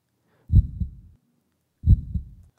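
Two slow, deep thudding heartbeats with a trailing low rumble, from an adult with arterial buildup.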